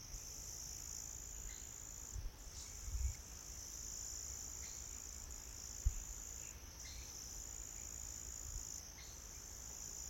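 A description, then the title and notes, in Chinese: Mountain forest ambience dominated by a steady, dense, high-pitched drone of crickets or other insects that never lets up, swelling slightly every few seconds. A soft low rumble runs underneath, with a few dull thumps near three and six seconds. 懶山林環境音。早晨 0630。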